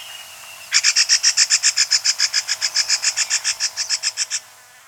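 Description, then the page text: Rusty-cheeked scimitar babbler chattering call, a fast run of many evenly spaced notes lasting over three seconds. "Rusty-Cheeked Scimitar Babbler Chattering Call Sound Effect. Quick Sounds"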